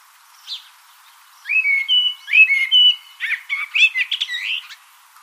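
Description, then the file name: Common blackbird song: a faint high note, then mellow whistled notes running into a rapid, scratchy twittering flourish. "Turdus merula"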